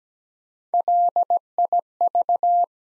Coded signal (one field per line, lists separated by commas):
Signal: Morse code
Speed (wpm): 17 wpm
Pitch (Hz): 700 Hz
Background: none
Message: LIV